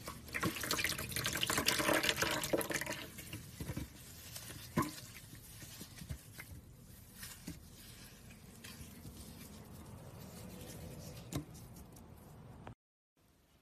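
Soap carving: dense scraping and crumbly scratches, loudest in the first four seconds, then quieter irregular cuts and clicks before an abrupt stop.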